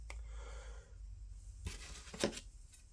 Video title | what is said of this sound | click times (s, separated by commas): LEATHERMAN BOLSTER REVIEW | you all heard it kind of lock right there | 2.2 s